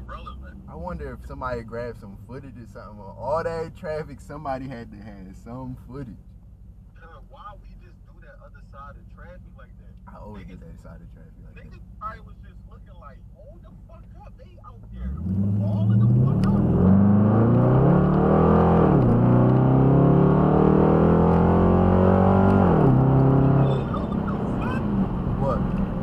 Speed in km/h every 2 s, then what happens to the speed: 19, 10, 0, 0, 0, 0, 0, 3, 29, 58, 81, 97, 109.
0-4 brakes to 0. 4-13 standing. 13-26 pulls away to 109.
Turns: none.